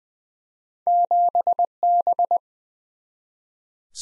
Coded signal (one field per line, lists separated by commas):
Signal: Morse code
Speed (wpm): 20 wpm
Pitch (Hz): 700 Hz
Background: none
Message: 7B